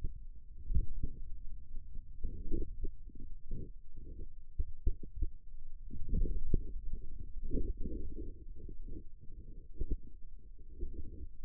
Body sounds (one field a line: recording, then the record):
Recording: forearm muscle sounds (acoustic myography)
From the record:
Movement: finger pinch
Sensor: system 2, bracelet of six BSWA MPA416 microphones around the upper forearm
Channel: 6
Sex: male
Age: 22 years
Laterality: right